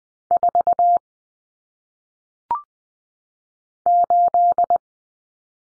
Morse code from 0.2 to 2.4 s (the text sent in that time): 4